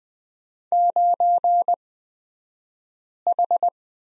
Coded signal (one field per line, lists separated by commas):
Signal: Morse code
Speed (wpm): 20 wpm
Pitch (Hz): 700 Hz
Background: none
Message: 9H